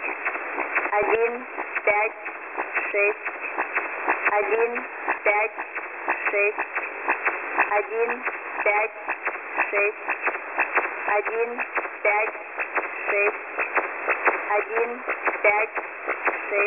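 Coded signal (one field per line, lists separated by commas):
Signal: numbers station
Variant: S06s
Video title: 2 nachrichten vom ukrainischen Agentensender S06s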